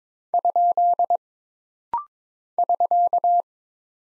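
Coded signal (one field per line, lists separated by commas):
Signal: Morse code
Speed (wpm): 22 wpm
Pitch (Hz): 700 Hz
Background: none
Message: ? <SK>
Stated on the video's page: Rapid-fire Morse code practice of single punctuation marks and prosigns at 22 wpm, each character sent, then spoken, then sent again, for instant character recognition.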